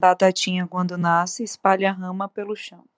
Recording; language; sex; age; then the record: short text; Brazilian Portuguese; female; 30 to 39 years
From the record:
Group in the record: control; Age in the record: 31 years